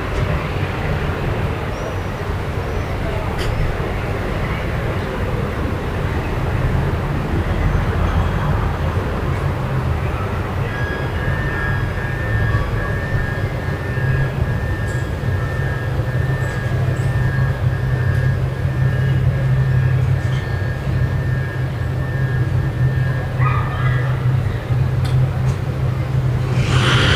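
Evening street sound on Via Moscova in Milan, a steady low rumble of traffic running the whole time. From about ten seconds a sustained whine rides above the drone, and a few brief clicks and clatters appear, with a sharper hiss near the end.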